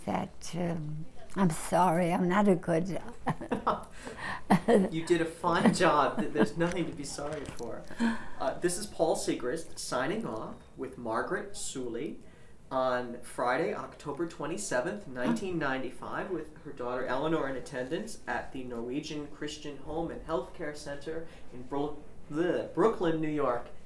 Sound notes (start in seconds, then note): 2.9 she laughs; 6.2 they laugh